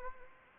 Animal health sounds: mosquito wingbeat signal from an infrared sensor; Anopheles gambiae

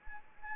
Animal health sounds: mosquito wingbeat signal from an infrared sensor; Anopheles arabiensis

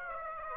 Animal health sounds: mosquito wingbeat signal from an infrared sensor; Aedes aegypti

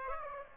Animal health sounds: mosquito wingbeat signal from an infrared sensor; Aedes aegypti

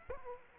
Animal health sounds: mosquito wingbeat signal from an infrared sensor; Aedes aegypti

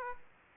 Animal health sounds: mosquito wingbeat signal from an infrared sensor; Aedes aegypti

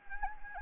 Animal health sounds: mosquito wingbeat signal from an infrared sensor; Anopheles arabiensis

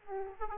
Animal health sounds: mosquito wingbeat signal from an infrared sensor; Aedes aegypti

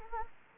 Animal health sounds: mosquito wingbeat signal from an infrared sensor; Anopheles gambiae

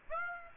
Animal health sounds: mosquito wingbeat signal from an infrared sensor; Aedes aegypti

